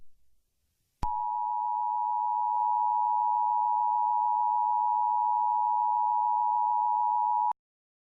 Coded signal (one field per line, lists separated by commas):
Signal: Emergency Alert System (SAME) tones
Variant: 853 and 960 Hz attention tone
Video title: Eas Scenario 010 - 99 Nights in the Forest (The Halloween Special)￼